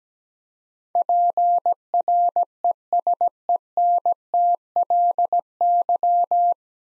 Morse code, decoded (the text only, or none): PRESENTLY